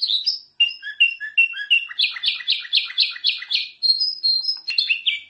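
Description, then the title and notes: Sooty-headed bulbul song: quick series of bright chirped notes, some slurred downward, delivered in rhythmic bursts with a brief pause near the start, then higher whistled phrases. Singing vigorously ('gacor'). "kutilang gacor"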